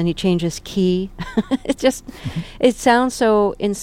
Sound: laughs

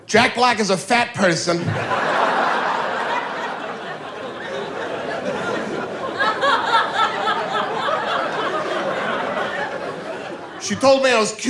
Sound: laughter

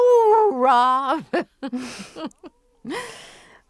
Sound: laughter

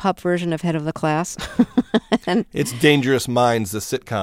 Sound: soundbite of laughter

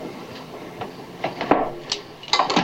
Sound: soundbite of crickets; soundbite of thump

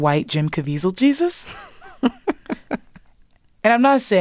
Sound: laughter

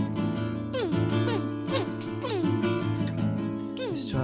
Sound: makes robot noises

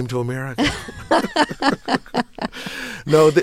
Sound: soundbite of laughter

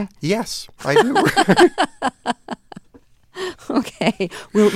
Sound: soundbite of laughter

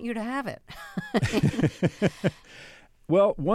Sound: laughter

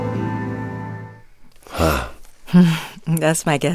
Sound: sighing

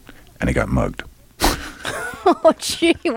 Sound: soundbite of laughter

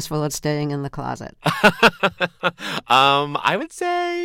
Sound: laughter

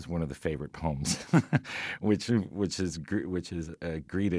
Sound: laughter

